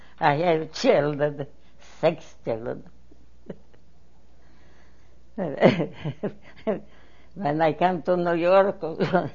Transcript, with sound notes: I have children. Six children.. (She laughs) When I come to New York I